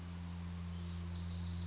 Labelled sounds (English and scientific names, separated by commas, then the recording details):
Wilson's Warbler (Cardellina pusilla)
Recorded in Sonoma County, California